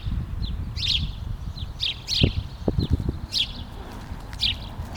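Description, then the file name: House sparrow calls, several clipped chirps spaced unevenly, with low background noise and a few soft knocks midway. "Passer domesticus"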